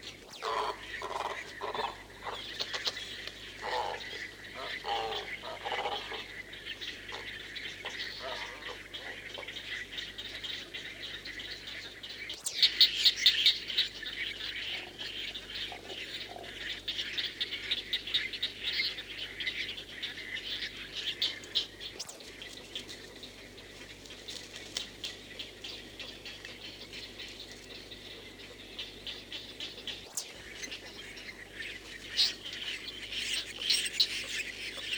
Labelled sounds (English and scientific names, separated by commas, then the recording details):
Great Egret (Ardea alba)
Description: White heron/kōtuku song
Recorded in New Zealand